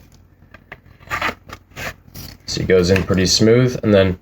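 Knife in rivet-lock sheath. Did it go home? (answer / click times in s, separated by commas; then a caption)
no / none. A knife blade is slid into a rivet-lock sheath, giving a few faint ticks and then soft scraping and sliding sounds as it goes in. Someone talks over the end. The knife has not clicked or locked into the sheath yet.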